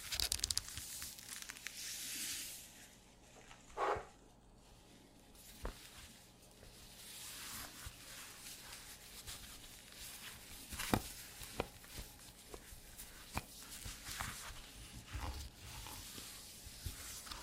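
Squeaky leather creaks and rubs through the recording, with soft hissing friction that swells and fades in waves. A sharp squeak rises near four seconds, and short clicks and taps land irregularly, clustering around eleven and fifteen seconds over a faint steady low hum.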